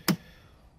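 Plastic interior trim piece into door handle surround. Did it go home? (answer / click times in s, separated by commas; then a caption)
yes / 0.1 s. A plastic interior trim piece on a W463 G-Class is slid and pulled into position in the door handle surround until it snaps home and sits flush. A single sharp, bright click is heard at 0.1 s, followed by near silence. The trim piece is seated.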